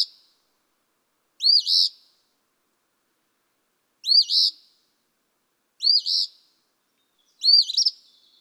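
Eastern Phoebe singing four hoarse fee-bee phrases with short pauses between them, each a sharp first note followed by a burry second part.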